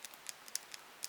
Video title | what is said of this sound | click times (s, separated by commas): 31 Horror Toys In 31 Days #15 JUDGE DEATH Marvel Legends | If you listen, that snap is setting him in place. Otherwise, it'll just like go right back to its original position until you hear the snap. There you are. | 0.5 s, 1.0 s